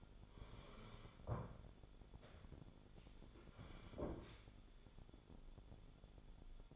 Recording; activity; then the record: daily activity, microphone in the room; sit down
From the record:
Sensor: 5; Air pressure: 1015.3 hPa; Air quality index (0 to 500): 190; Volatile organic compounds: 8 ppm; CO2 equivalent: 2060 ppm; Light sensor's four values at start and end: 35/80/32/31 and 35/80/32/31